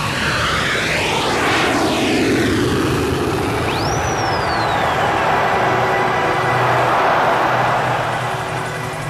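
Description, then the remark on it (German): A jumbo jet bound for Rio de Janeiro roars steadily as it lumbers off the runway at Heathrow Airport under a grey sky in light drizzle, its heavy engine rumble mixed with a rising, sweeping whine that bends in pitch over about nine seconds, with no voices. “Anderthalb Stunden später hob sein Jumbo-Jet nach Rio de Janeiro bei grauem Himmel und leichtem Nieselregen schwerfällig von der Startbahn ab.”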